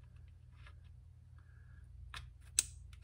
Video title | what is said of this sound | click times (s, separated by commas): Wiring relay center and fuses in my thirdgen Camaro | we go you maybe you heard that that one's in | 2.6 s